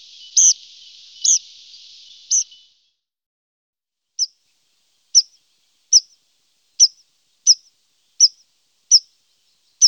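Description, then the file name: Tree pipit song: three sharp notes over a steady hiss, then a series of short, sharp notes repeated about every second. "Pipit Des Arbres - Tree Pipit"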